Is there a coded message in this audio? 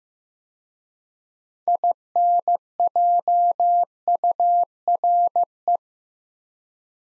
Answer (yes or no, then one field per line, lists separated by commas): yes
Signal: Morse code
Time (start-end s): 1.7-5.8 s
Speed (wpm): 15 wpm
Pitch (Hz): 700 Hz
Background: none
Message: INJURE